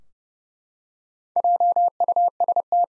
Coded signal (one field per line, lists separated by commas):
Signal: Morse code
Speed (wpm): 32 wpm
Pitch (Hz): 700 Hz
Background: none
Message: JUST